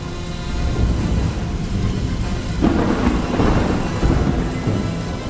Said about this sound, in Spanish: Entonces, cuando todo estaba perdido, me llegó a mis oídos el sonido de la salvación. Más vale tarde que nunca. Era la tormenta.